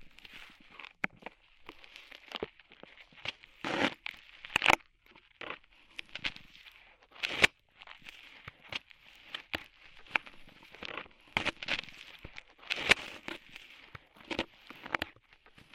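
Ear cleaning with scratchy crackling and rustling, made of dense, irregular bursts that come every second or so. Brighter, sharper scrapes stand out near 4, 7.5, 12 and 13 seconds. Between the bursts the sound drops to quiet, soft scratching.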